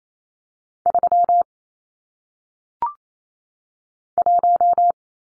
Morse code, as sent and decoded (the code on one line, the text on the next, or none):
...-- / .----
3 1